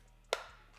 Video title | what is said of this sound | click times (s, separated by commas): CREALITY K1C - UNBOXING & TEST PRINTS | until it clicks in both sides | 0.3 s